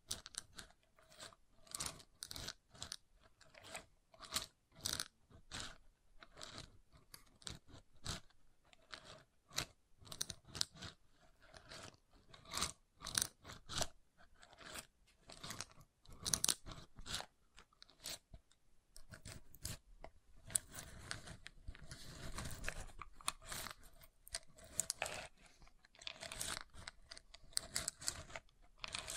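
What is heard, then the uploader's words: Wood triggers: a steady run of short crunching, scraping taps on wood, coming several times a second with uneven spacing. The hits are sharp and bright, with some quieter scratchy rubbing between them, growing denser and busier in the last third. ASMR Calming Wood Triggers for Sleep (No Talking).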